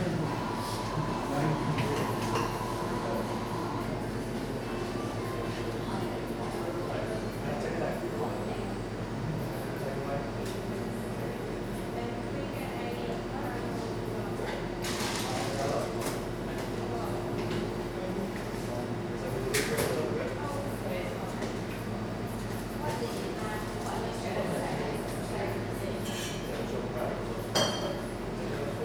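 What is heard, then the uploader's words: Coffee shop on a rainy evening, with a steady, dense murmur of voices and a low continuous hum underneath. Brief clinks and clatters stand out around 15 and 20 seconds and again near the end, while a faint tone runs through the background. Captured in a coffee shop on a dark evening, rain is falling outside.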